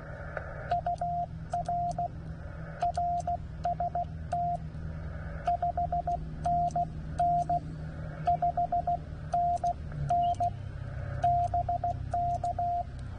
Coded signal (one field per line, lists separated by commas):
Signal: Morse code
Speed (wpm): 15 wpm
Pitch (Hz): 710 Hz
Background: radio noise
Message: UR RST 5NN 5NN BK